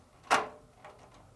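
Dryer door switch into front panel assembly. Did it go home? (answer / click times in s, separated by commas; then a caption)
no / none. A plastic Samsung dryer door switch, part DC64-00828B, is handled at the front panel assembly of the dryer, text side up, to be inserted connector end first and pushed in. A sharp, bright burst comes at about 0.3 s, followed by a faint tap near 0.8 s. Nothing has seated or clicked yet.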